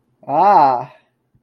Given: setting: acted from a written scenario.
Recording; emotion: vocal sound without words; realization